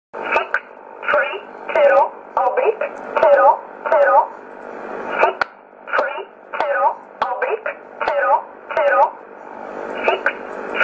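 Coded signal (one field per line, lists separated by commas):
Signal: numbers station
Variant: E11 Oblique, English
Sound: a voice reading short single words at an even pace, about fifteen words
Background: radio static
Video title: 24 04 2020 E11 Oblique Numbers station in English 0716 on 9963 unknown tx site in USB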